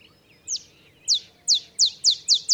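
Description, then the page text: Olive sparrow song opening, sharp descending chip notes speeding up, seven notes in about two seconds. Olive sparrow singing in the early morning in Texas, 50 miles north of the Mexican border; simple songs like a field sparrow's bouncing-ball song, though less mellow and melancholy. "songs Olive Sparrow. Recording early morning just 50 miles north of the Mexican border in Texas. Birdsong for the Curious Naturalist"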